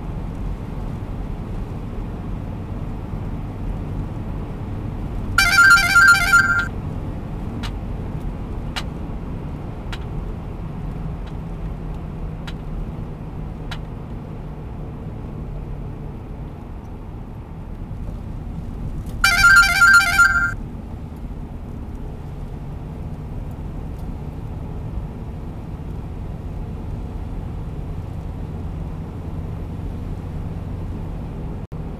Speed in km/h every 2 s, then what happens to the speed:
93, 95, 96, 96, 94, 90, 85, 81, 77, 74, 74, 74, 83, 84, 86, 87.
0-6 steady at about 95. 6-19 slows to 74. 19-32 speeds up to 87.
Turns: none.